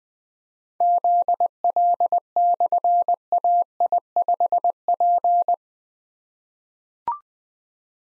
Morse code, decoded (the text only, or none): ZL/AI5P